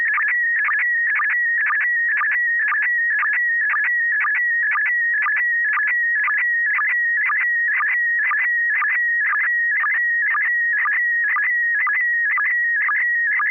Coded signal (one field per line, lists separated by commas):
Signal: SSTV (slow-scan television)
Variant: PD 120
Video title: N6NA SSTV Net - 01/07/2026